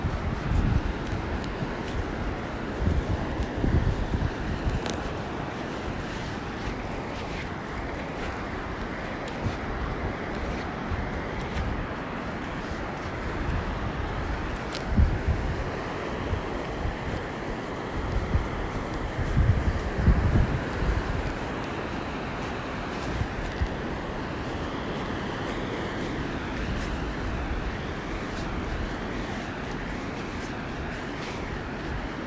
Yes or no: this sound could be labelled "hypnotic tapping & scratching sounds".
no